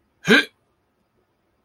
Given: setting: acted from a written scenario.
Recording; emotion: vocal sound without words; negative surprise